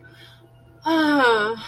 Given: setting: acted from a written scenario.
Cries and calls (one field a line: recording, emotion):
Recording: vocal sound without words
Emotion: disappointment